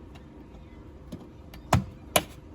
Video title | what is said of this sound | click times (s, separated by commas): 1953 GE Refrigerator Door Latch Adjustment & Replacement | it here click into there and then it can't turn anymore | 1.7 s, 2.2 s